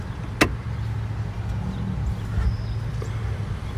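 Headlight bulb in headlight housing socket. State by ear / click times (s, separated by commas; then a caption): seated / 0.4 s. A new low-beam headlight bulb on a 2017 Hyundai Ioniq Hybrid is slid into the headlight housing slot and twisted clockwise, and its bayonet twist-lock gives one sharp click at 0.4 s. A steady low hum runs underneath throughout. The bulb is locked home in its socket.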